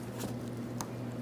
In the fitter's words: Audible click from that. A tug doesn't fall out.